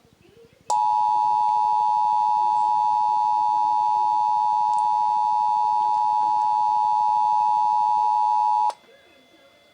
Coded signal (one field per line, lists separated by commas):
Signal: Emergency Alert System (SAME) tones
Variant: 853 and 960 Hz attention tone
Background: speech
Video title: (REUPLOAD) SAGE Relay: 911 Telephone Outage Emergency (5/3/21)(EAS 686)